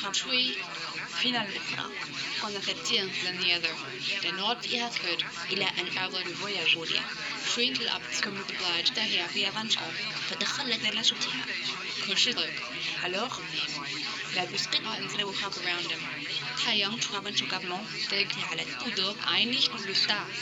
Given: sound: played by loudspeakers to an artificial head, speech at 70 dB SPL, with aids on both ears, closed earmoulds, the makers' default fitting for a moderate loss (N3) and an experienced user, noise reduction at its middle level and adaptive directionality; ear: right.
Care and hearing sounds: speech test signal (ISTS) in cocktail-party noise; 0 dB; on the right (90 degrees)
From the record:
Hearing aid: class 1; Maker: A

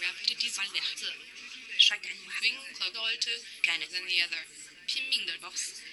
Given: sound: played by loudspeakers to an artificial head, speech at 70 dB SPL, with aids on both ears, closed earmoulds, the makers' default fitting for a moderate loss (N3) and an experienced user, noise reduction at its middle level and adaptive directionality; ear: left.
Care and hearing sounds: speech test signal (ISTS) in cocktail-party noise; +3 dB; in front (0 degrees)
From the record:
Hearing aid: class 2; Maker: H

